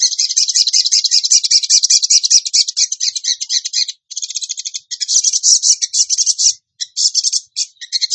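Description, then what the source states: Bird song made of high, rapid rattling trills in long bursts, broken by brief pauses. A bird singing in the tembakan gacor style; masteran training.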